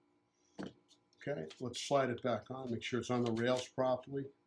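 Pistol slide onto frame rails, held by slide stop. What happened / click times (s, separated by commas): Parts handled, nothing seated yet / none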